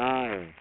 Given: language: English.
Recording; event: throat vibration sensor signal played as sound; speech